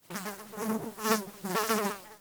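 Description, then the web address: Fly buzzing, a droning hum with rich harmonics that swells and fades several times. Fly buzzing close by. "Soulframe Sounds. Insects Insect Fly Buzz Close"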